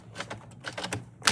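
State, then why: Not seated. With pressure held on the dome of a capsule coffee machine, the plastic locking handle is being twisted to the right. Light rattling ticks and scrapes come around 0.2, 0.7, 0.8 and 0.9 seconds, then a sharper, louder tap at about 1.3 seconds. The clip ends before the lid goes home, so nothing has seated or clicked yet.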